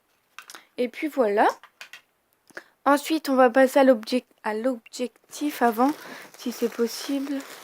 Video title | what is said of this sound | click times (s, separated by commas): ♡ Ouverture du Canon Eos 700d + test ♡ | Donc ça s'enclenche dedans. | 0.4 s